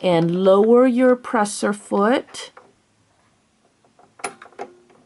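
A snap-on presser foot is lined up under the low-shank snap-on adapter of a sewing machine while someone talks, and the presser foot lever is lowered toward the foot's metal bar. After about 4.0 s a few short, light mechanical ticks are heard as the parts are handled. Nothing has clicked into place or seated yet.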